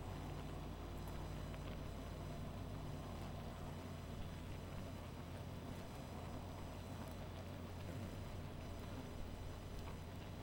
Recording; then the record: honeybee colony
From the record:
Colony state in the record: missing queen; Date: 14 July 2017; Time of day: 1:03